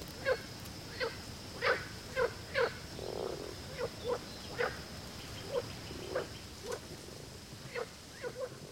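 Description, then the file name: Frog giving short clucking croaks at irregular intervals of about half a second to a second, over a steady high whine. "grenouille"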